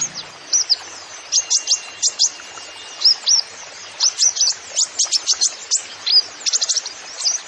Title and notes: MASTERAN KOLIBRI NINJA FULL ISIAN DAN TEMBAKAN PANCINGAN. Suara Burung Kolibri Ninja Gacor